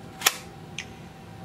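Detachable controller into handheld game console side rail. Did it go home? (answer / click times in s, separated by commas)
yes / 0.3 s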